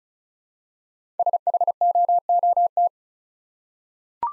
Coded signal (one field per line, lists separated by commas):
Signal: Morse code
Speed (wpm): 36 wpm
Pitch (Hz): 700 Hz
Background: none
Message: SHOOT